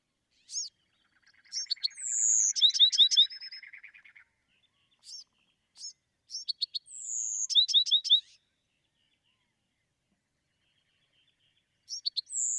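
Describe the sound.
Bewick's wren song: a sharp note, a falling slurred whistle and fast descending notes over a low dry trill, the phrase repeated after a pause.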